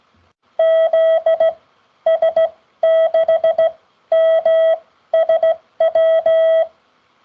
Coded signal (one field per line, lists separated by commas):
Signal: Morse code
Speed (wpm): 16 wpm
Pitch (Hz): 650 Hz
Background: none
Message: ZS6MSW